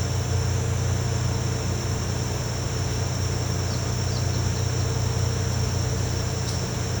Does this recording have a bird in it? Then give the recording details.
no. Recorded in pastures near Puerto Asís, Putumayo, Colombia, on 13 March 2025 at 08:30. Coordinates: 0.466, -76.322. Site CSA-02